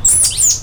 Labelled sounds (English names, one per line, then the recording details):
Stitchbird song
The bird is a male
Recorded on Tiritiri Matangi Island, New Zealand, in 2005
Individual 1, of nest box 1